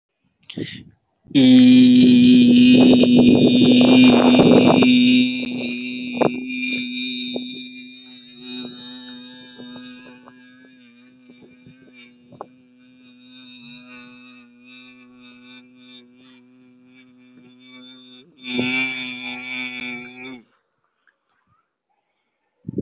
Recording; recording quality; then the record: sustained vowel as in beet; excellent, no background noise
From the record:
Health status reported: COVID-19 positive, no symptoms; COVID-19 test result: positive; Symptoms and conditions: cough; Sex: male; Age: 30 years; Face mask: not worn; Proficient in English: yes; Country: India